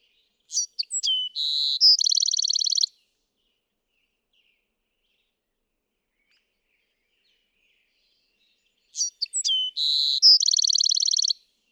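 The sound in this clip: Bewick's wren song: quick introductory notes then a fast buzzy trill, given twice about eight seconds apart with silence between.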